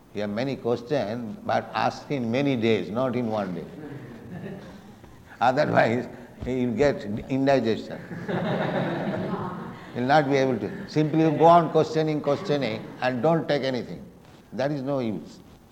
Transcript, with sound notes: You have many questions, but ask in many days, not in one day. Otherwise you will get indigestion. [laughter] You will not be able to... Simply you go on questioning, questioning, and don't take anything, that is no use.